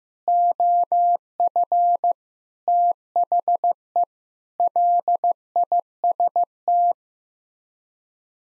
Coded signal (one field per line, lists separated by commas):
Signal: Morse code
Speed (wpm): 15 wpm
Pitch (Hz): 700 Hz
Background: none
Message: OF THE LIST